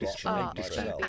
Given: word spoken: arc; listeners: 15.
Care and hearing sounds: one English word in noise, from a listening test; four-talker babble; -1.2 dB; 0 of 15; 9 of 15; 0.68 s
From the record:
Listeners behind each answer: 9, 6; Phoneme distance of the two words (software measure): 10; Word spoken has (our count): 1 syllable, 2 phonemes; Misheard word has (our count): 1 syllable, 2 phonemes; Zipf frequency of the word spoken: 3.51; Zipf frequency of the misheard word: 3.88

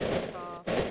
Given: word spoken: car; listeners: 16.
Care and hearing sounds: one English word in noise, from a listening test; noise modulated by three-talker babble; -6.0 dB; 3 of 16; 7 of 16; 0.51 s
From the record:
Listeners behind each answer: 7, 3, 1, 1, 1, 1, 1, 1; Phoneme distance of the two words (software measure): 10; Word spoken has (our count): 1 syllable, 2 phonemes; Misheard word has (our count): 1 syllable, 2 phonemes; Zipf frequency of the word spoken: 5.44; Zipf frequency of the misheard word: 5.61

